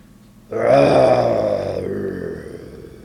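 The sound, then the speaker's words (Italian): A single deep, rumbling growl from a young wolf begins after a brief quiet moment, rough and strongly voiced, holding loud for a second before gradually easing off over the next two seconds. “Che tradotto dalla lingua dei lupi significava: non toccatelo o dovrete vedervela con me.”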